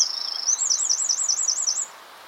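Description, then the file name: Eurasian wren singing a sharp, very high trill that shifts into a quick rolling series of looping notes, ending abruptly after about two seconds. "Troglodytes troglodytes"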